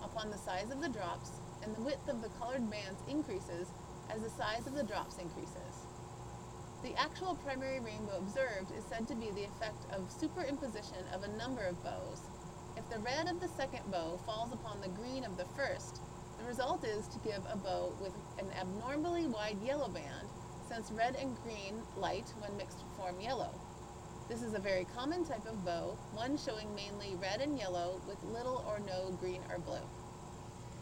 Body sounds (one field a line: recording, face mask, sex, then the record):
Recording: reading aloud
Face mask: surgical mask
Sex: female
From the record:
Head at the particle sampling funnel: tilted up or above it, chin in front of it